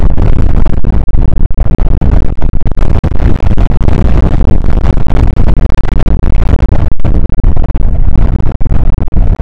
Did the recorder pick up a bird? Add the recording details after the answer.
no. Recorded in the Prudhoe Bay oil fields, Alaska, on 2 August 2019 at 01:35. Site 29